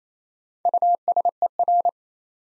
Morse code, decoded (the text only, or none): USER